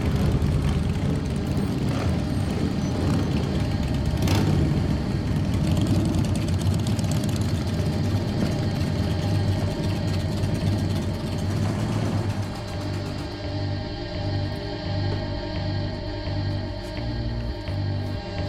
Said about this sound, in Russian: Со страхом смотрит на дорогу, по которой едут байкеры.